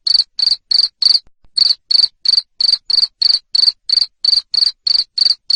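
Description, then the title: Cricket's insistent high chirps repeat around three times a second, with one short gap after the first few pulses. Loud cricket chirping played to stimulate lovebirds to keep singing (ngekek). "Suara JANGKRIK NGERIK Keras Bikin LOVEBIRD Jadi NGEKEK Terus Vubey"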